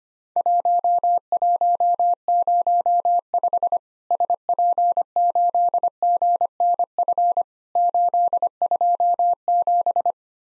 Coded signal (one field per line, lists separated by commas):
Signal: Morse code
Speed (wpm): 25 wpm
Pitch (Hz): 700 Hz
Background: none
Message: 1105 SP8GNF 827